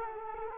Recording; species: mosquito wingbeat signal from an infrared sensor; Culex quinquefasciatus